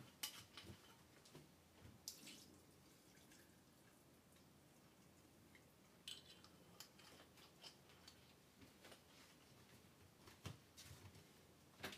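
Kitchen sounds while preparing eggplant stewed in tomato: running or dripping water at a sink, with sharp clinks and clatters of utensils near the start, around two seconds, six seconds and ten seconds. A low, steady hum sits underneath throughout.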